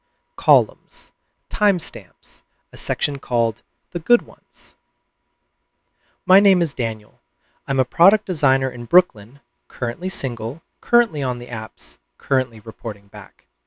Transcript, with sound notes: Columns. Timestamps. A section called "the good ones." [pause] My name is Daniel. I'm a product designer in Brooklyn, currently single, currently on the apps, currently reporting back.